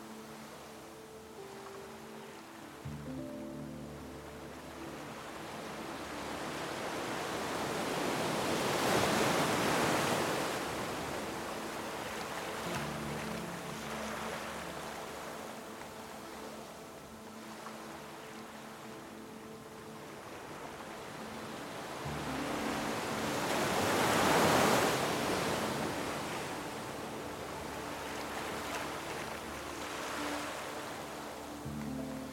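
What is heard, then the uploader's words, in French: Gentle ocean waves wash in slowly, each swell building to a soft hiss that peaks around ten seconds and again near twenty-five before ebbing away. Beneath the water, a calm, sustained melody of low held tones shifts chords unhurriedly throughout. VAGUES Apaisantes et MELODIE Sereine. Le murmure des vagues et les harmonies douces se mêlent.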